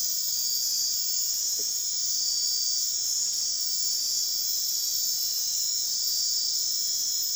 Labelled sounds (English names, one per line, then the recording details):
none
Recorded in dense forest near Puerto Asís, Putumayo, Colombia, on 19 February 2024 at 02:30
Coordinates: 0.499, -76.324
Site G6469